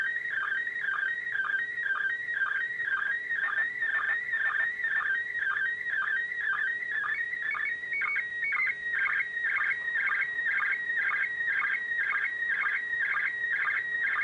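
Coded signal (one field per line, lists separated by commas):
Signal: SSTV (slow-scan television)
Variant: PD120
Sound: warbling, buzzing tone around 2 kHz, repeating rhythmically twice a second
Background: faint steady hum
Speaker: coming up in about 10 minutes so we'll record that and see if I can get a better picture this time around on the ISS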